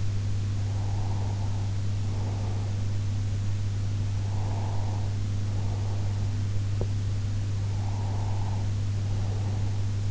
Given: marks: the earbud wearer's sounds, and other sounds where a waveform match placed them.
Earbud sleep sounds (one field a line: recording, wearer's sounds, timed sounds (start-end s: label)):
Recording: sounds in sleep by an in-ear microphone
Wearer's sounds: breath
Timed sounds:
0.80-2.86 s: breath
4.34-6.69 s: breath
7.66-10.11 s: breath